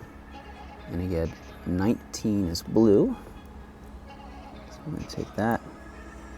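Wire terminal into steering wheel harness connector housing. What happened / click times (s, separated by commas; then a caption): Wire terminal handled near its connector, not yet seated; no click / none. A new blue wire terminal for pin 19 is handled before being pushed into the plastic connector housing of the steering wheel harness while installing a BMW OEM Genuine Race Display Wheel in an F3x, F2x or F8x. Someone talks over a steady low background hum. Nothing has seated or clicked yet.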